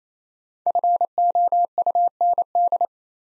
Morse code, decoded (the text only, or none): FOUND